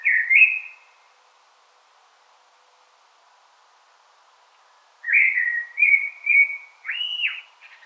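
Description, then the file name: Common blackbird song: a brief fluty note, a pause, then a rich whistled phrase of three notes ending in a looping clear note and soft high twitter. "Turdus merula"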